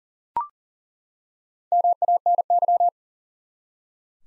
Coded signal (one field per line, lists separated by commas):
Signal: Morse code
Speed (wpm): 40 wpm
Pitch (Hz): 700 Hz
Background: none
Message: MANY